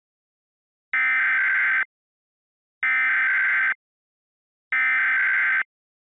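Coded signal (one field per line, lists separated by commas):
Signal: Emergency Alert System (SAME) tones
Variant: header bursts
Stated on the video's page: Fictional mock alert for an invented state, using real tones that would trigger EAS equipment if aired.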